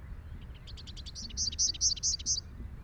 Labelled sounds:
Rufous-capped Warbler song
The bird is a male
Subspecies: rufifrons
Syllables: 18
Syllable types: 4
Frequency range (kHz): 2.1-6.5 kHz
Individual SP-R16-M

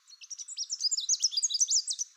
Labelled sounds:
Chestnut-capped Warbler song
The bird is a male
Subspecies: delattrii
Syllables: 19
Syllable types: 18
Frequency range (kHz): 2.7-8.2 kHz
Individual CR-YSN-M

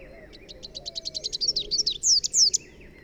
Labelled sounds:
Rufous-capped Warbler song
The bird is a male
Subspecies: rufifrons
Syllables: 18
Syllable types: 5
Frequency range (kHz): 2.8-7.5 kHz
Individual AR-SRB-M

